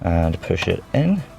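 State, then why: Not seated. Someone talks while a vacuum line quick connector is lined up by hand and pushed toward its port on a Forge Motorsport high-flow intake hard pipe on a MINI JCW F56. Nothing has seated or clicked yet; the connector is not yet home.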